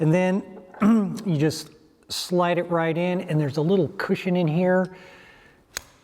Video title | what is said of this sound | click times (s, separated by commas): This turns your GoPro into a real Camera! | and it just pops right in and clips in. | 5.8 s